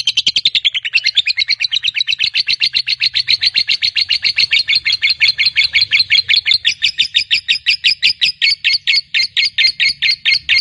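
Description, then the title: Lovebird song, a long, rapid, rattling chatter of high, harsh notes that goes on without a break. Fighter-type lovebird singing a long ngekek, a drawn-out chattering song. "Begitu Dengar Suara Lovebird FIGHTER NGEKEK PANJANG"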